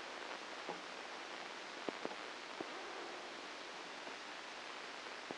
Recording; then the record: brain microelectrode recording played as sound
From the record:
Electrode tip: outside the subthalamic nucleus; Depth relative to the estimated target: -6 mm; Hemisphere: left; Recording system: NeuroSet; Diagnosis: Parkinson's disease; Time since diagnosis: 9 years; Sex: female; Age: 51 years